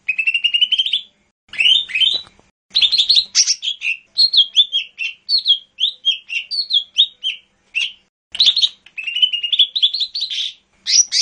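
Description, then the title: Bird song in a long, varied sequence of bright upslurred and downslurred whistled notes and quick trills, delivered almost continuously with short pauses. "SuaraBurung Kicau"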